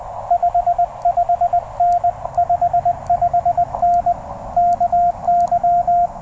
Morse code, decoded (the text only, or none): 55N 55N KY